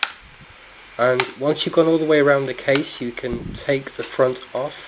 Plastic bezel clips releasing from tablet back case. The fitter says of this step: you should hear a click as the clips are undone